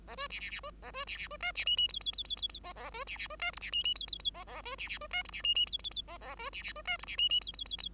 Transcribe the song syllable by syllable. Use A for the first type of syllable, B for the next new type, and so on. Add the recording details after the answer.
A B C C C B A B C C B D C E E F F F F F F A A B C C B D G C E E F F F A A B C C B D G C E E F F F A A B C C B D G C E E F F F F. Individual Bird5